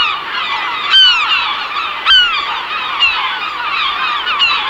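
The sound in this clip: Herring gull calls: a few louder, sharp downward-sliding cries about once a second stand out above a steady background chorus of many other gulls.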